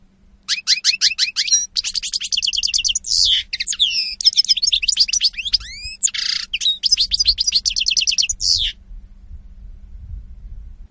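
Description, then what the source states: European goldfinch song: quick series of repeated sharp chirps, then tinkling twitters, buzzy notes and slurred calls, stopping after about nine seconds into silence. Spanish goldfinch lure call recording (reclamo).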